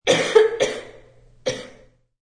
Sick sound effects lady coughs three times.